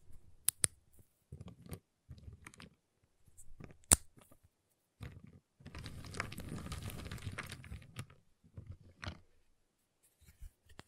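Tapping and handling sounds on a giant chocolate bar, with sharp bright clicks near the start and again around four seconds. Short bursts of dull, low tapping come in clusters, and a longer crinkly, scraping stretch runs from about six to eight seconds.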